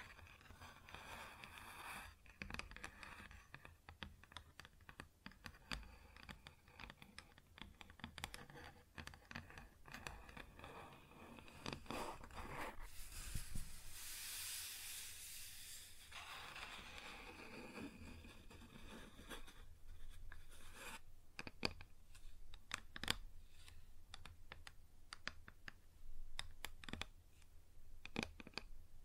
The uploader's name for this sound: Wood Surface Tapping & Scratching